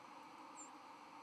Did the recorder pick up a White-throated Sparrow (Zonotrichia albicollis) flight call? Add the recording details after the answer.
no. Another species' flight call is heard. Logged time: 02:35 on 31 October 2014